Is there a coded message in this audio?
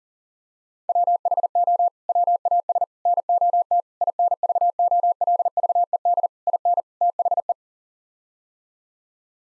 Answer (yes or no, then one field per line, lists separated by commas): yes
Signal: Morse code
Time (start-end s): 0.9-7.5 s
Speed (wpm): 40 wpm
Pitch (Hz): 700 Hz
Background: none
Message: WHO WAS NOT INVOLVED IN THE